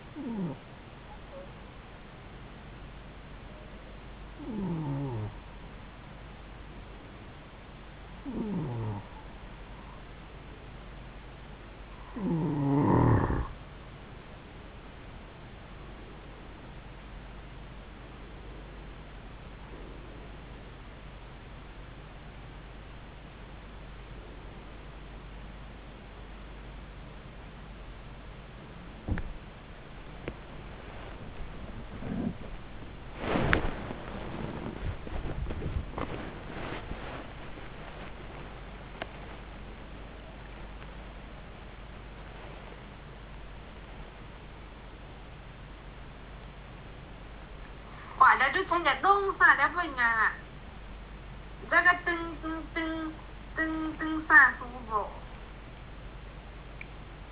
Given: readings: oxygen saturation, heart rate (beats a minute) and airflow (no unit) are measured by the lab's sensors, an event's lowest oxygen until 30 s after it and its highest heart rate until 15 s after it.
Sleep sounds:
a person awake in a sleep study, by a voice recorder at the bedside; 1
3.00-30.50 s: hypopnea (N2, oxygen 93% highest, then 92% lowest, heart rate 71 at the start, 74 highest)
17.00-57.32 s: new sleep stage, awake
19.00-57.32 s: awake
From the record:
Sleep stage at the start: N2 (light sleep); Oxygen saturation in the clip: 92 to 96%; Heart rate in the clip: 66 to 74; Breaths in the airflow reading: 15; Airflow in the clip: -8.4 to 8.8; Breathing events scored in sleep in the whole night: 270 in 6.1 hours asleep

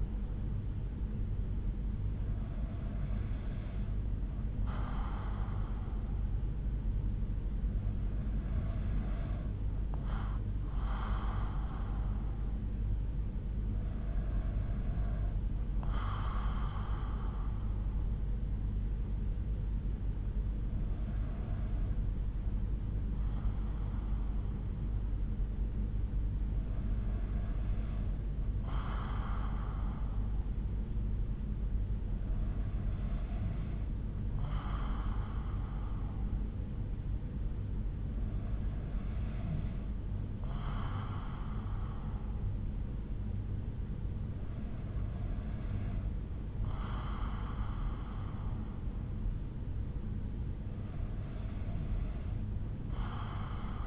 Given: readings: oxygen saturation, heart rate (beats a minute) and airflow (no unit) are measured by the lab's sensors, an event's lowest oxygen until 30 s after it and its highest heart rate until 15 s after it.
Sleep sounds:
breathing in sleep by a smartphone at the bedside; none
none scored
From the record:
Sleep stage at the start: N2 (light sleep); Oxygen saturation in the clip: 93 to 94%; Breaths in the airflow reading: 9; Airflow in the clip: -4.3 to 4.2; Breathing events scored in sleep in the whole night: 368 in 8.0 hours asleep

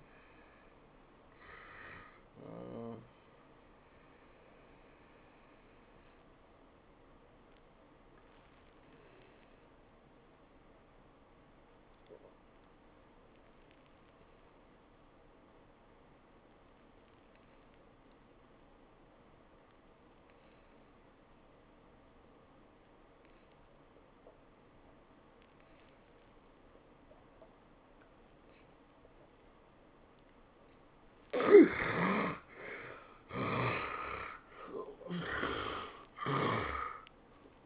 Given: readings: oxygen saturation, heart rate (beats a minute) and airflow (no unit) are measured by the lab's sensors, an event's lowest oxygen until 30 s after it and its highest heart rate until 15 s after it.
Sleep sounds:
breathing in sleep by a voice recorder at the bedside; 1
1.00-31.00 s: new sleep stage, N1 (lightest sleep)
14.00-32.30 s: obstructive apnea (N1, oxygen 96% highest, then 76% lowest, heart rate 86 at the start, 101 highest)
31.00-37.65 s: new sleep stage, N2 (light sleep)
From the record:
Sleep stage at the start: N2 (light sleep); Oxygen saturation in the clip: 71 to 96%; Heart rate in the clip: 79 to 96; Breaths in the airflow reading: 5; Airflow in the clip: -21.9 to 11.8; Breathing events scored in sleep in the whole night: 403 in 5.5 hours asleep

